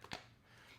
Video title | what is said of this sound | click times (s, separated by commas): The BATTLE of the LEATHER CASE - Andar Aspen vs. Bullstrap | not too much of a click and it's probably going to be the same with the Aspen just because these are full grain leather cases | 0.0 s, 0.1 s